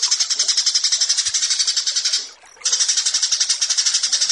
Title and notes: Branjangan VS BURGER Masteran Mewah 1. burung BRANJANGAN